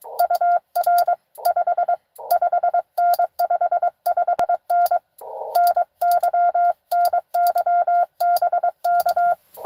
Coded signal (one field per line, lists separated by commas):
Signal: Morse code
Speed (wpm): 22 wpm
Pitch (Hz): 700 Hz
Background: none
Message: UR 55N 55N NY NY BK